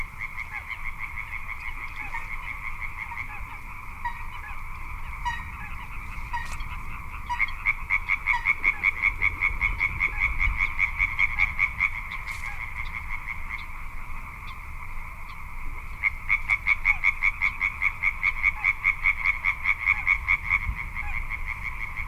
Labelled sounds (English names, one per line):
Little Crake